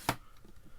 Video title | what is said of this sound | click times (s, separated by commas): Protecting My Vintage Star Wars Collection Using Acrylic Cases | That just sits and locks in place there, and there we go. | 0.1 s